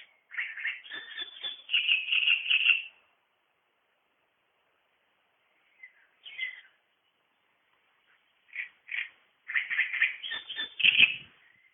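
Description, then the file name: Great reed warbler: loud, harsh, gurgling chatter in two long bursts separated by a pause with a few short notes. "Drosselrohrsänger"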